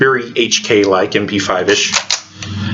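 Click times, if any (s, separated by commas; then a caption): 2.4 s. Someone talks while a rifle's metal charging handle is pulled back and locked into its notch, HK/MP5-style. A single sharp clack is heard at 2.4 s as the handle locks into place.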